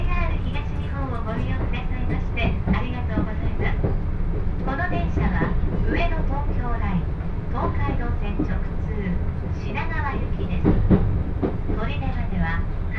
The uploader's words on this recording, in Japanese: 耳で楽しむ鉄道旅 常磐線普通 石岡→土浦→取手。